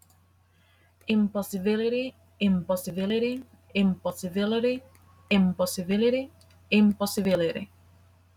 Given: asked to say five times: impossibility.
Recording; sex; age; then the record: repeated word; female; 20 to 29 years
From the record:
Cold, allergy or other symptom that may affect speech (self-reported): no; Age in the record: 26 years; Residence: Texas, United States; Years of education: 16